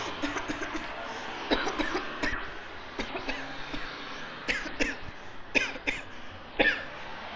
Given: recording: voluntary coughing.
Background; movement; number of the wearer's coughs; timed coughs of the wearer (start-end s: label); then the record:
traffic; walking; 14
0.20-0.47 s: cough
0.47-0.69 s: cough
0.72-0.99 s: cough
1.48-1.74 s: cough
1.76-2.05 s: cough
2.20-2.44 s: cough
2.96-3.23 s: cough
3.26-3.45 s: cough
3.61-3.92 s: cough
4.46-4.74 s: cough
4.78-5.06 s: cough
5.52-5.83 s: cough
5.85-6.16 s: cough
6.57-6.96 s: cough
From the record:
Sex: female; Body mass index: 36.4 kg/m2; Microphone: on the chest, facing the body